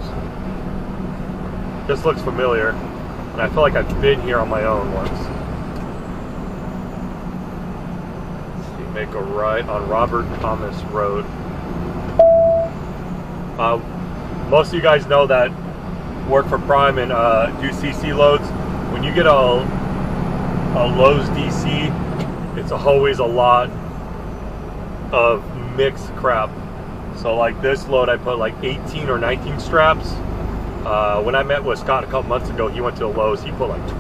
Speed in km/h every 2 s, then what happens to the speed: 47, 47, 50, 47, 45, 47, 47, 45, 47, 50, 53, 53, 52, 50, 50, 48, 52.
0-15 steady at about 47. 15-20 speeds up to 53. 20-34 steady at about 52.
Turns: none.